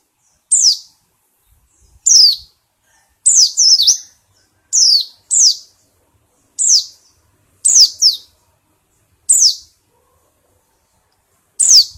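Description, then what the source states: White-eye calls, single sharp high notes sliding downward, given singly or in quick pairs about every one to two seconds, with silence between. Song style given the local names ngalas and ngeroll.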